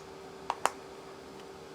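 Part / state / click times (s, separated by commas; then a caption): rear end part onto differential output shaft in RC truck rear axle housing / seated / 0.5 s, 0.7 s. A plastic rear end part is pressed onto the differential output shaft in the rear axle housing while assembling a Tamiya Grand Hauler RC truck kit. Two sharp clicks are heard at 0.5 s and 0.7 s over a quiet, steady background tone. The part snaps into place and is seated.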